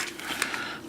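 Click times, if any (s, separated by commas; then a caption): 0.4 s. The plastic head of a Transformers Cybertron Megatron Leader Class robot figure is pushed back into position on the body amid soft plastic handling noise. A sharp snap at 0.4 s is the head clipping into place, followed by a smaller tick at 0.5 s, and the head is seated.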